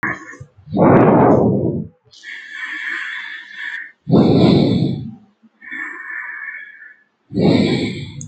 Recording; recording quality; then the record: shallow breathing; excellent, no background noise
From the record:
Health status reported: healthy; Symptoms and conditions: none ticked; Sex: female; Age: 35 years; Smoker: not ticked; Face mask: not worn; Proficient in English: yes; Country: India